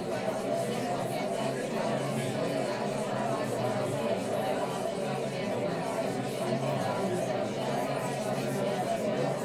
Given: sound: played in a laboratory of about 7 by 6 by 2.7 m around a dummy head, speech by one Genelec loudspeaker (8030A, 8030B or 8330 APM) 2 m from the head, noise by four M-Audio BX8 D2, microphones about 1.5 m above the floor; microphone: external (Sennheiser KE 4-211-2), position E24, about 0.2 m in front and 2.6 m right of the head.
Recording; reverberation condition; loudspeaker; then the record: babble noise; low; four, about 170 cm from the corners of the room and facing them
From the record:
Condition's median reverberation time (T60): about 310 ms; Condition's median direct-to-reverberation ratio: about 3.5 dB